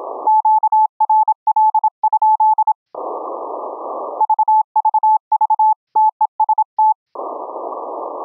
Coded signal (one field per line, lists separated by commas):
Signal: Morse code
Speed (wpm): 26 wpm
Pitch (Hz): 870 Hz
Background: none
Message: QRL? VVV TEST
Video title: HAM RADIO - Remote Rig'N over the LAN - "audio OVER Ethernet/ip" with NetJack2 & Zita-ajbridge